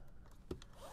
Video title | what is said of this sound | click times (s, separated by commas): EHC Cellular Shades; Removal, Installation & Adjusting | you hear the two clicks the shades in | 0.5 s, 0.6 s